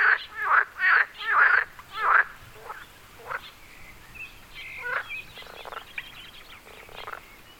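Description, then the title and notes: Frogs croaking: four loud pulsed, rattling croaks at the start, then softer, scattered croaks. Frogs on Wyspa Sobieszewska, Gdańsk, Poland. "Wyspa Sobieszewska, Gdańsk, Poland - Frogs. Żaby. rec Rafał Kołacki"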